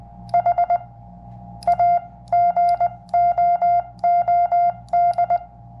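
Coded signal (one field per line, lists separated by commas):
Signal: Morse code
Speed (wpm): 20 wpm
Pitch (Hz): 700 Hz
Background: none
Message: HA GOOD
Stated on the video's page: Sent with a BaMaKey TP-III paddle at 25 wpm, a portable paddle suited to Summits on the Air, keyed into a QRP dummy load.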